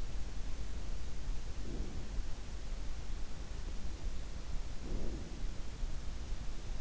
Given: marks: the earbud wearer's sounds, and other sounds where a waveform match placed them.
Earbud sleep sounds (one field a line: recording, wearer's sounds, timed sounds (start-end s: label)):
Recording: sounds in sleep by an in-ear microphone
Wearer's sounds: breath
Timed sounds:
1.52-2.24 s: breath
4.77-5.33 s: breath